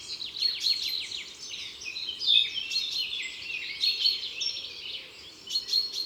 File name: Pinson des abres cris Concerts Naturels de la Drome Studio les Trois Becs